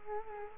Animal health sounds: mosquito wingbeat signal from an infrared sensor; Culex quinquefasciatus

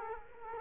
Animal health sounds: mosquito wingbeat signal from an infrared sensor; Culex quinquefasciatus

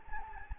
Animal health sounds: mosquito wingbeat signal from an infrared sensor; Anopheles gambiae

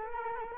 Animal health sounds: mosquito wingbeat signal from an infrared sensor; Culex quinquefasciatus

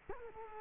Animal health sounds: mosquito wingbeat signal from an infrared sensor; Culex quinquefasciatus

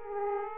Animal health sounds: mosquito wingbeat signal from an infrared sensor; Aedes aegypti

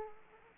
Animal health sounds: mosquito wingbeat signal from an infrared sensor; Aedes aegypti

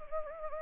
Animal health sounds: mosquito wingbeat signal from an infrared sensor; Anopheles gambiae

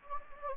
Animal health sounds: mosquito wingbeat signal from an infrared sensor; Anopheles gambiae

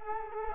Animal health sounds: mosquito wingbeat signal from an infrared sensor; Culex quinquefasciatus

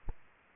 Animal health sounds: mosquito wingbeat signal from an infrared sensor; Aedes aegypti

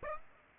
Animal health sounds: mosquito wingbeat signal from an infrared sensor; Aedes aegypti

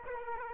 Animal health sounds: mosquito wingbeat signal from an infrared sensor; Aedes aegypti

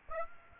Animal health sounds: mosquito wingbeat signal from an infrared sensor; Aedes aegypti

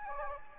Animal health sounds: mosquito wingbeat signal from an infrared sensor; Anopheles gambiae

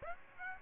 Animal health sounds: mosquito wingbeat signal from an infrared sensor; Aedes aegypti

